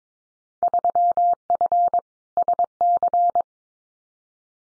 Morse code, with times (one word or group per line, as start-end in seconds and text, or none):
0.6-2.0 3F
2.4-3.4 SC